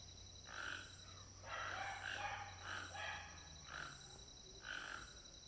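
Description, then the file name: Toucan calling with hoarse, croaking yelps in short clusters, over a continuous high-pitched hum and a low background rumble. Late afternoon ambience in a house backyard at Alto Paraíso, with toucans very close. "Ambiencia de final de tarde quintal casa Alto Paraiso com Tucanos bem perto"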